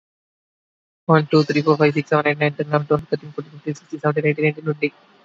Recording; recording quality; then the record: counting at a fast pace; moderate, slight background noise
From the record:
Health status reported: exposed to COVID-19, no respiratory illness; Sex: male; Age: 24 years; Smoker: no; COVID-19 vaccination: both doses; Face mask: worn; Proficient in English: yes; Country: India